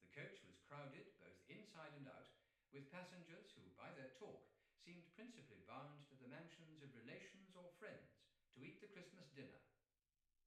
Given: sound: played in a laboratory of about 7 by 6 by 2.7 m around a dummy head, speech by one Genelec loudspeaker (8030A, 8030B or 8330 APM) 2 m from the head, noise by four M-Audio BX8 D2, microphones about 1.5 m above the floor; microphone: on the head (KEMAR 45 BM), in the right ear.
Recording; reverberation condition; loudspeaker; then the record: male speech in English; medium; behind (180 degrees)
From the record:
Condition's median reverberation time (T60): about 510 ms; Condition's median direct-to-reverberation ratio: about -0.5 dB